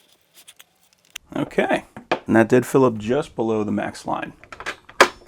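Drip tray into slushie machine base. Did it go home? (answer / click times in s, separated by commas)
yes / 5.0 s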